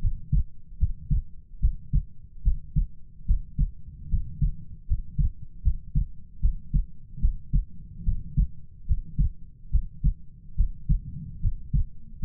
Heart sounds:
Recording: heart sounds by stethoscope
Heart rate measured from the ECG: 74 bpm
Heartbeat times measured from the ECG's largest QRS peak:
0.78 s: heartbeat
1.59 s: heartbeat
2.42 s: heartbeat
3.25 s: heartbeat
4.09 s: heartbeat
4.86 s: heartbeat
5.62 s: heartbeat
6.40 s: heartbeat
7.19 s: heartbeat
8.03 s: heartbeat
8.85 s: heartbeat
9.70 s: heartbeat
10.55 s: heartbeat
11.40 s: heartbeat
12.19 s: heartbeat
From the record:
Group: healthy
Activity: rest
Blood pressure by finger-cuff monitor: 93/56 mmHg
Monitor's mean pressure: 68 mmHg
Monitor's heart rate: 72 bpm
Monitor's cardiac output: 6.6 L/min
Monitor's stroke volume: 89 mL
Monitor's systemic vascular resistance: 740 dyn s/cm5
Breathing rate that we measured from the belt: 16 breaths a minute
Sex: female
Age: 19 years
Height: 163 cm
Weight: 48.9 kg

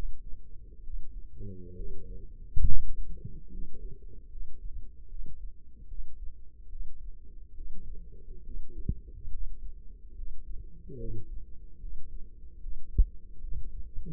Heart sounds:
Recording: heart sounds by microphone in the left ear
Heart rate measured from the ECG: 72 bpm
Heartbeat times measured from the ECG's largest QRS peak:
0.83 s: heartbeat
1.75 s: heartbeat
2.66 s: heartbeat
3.50 s: heartbeat
4.29 s: heartbeat
5.08 s: heartbeat
5.87 s: heartbeat
6.69 s: heartbeat
7.54 s: heartbeat
8.43 s: heartbeat
9.29 s: heartbeat
10.14 s: heartbeat
10.97 s: heartbeat
11.79 s: heartbeat
12.59 s: heartbeat
13.40 s: heartbeat
From the record:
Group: healthy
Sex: male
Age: 35 years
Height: 178 cm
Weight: 64 kg

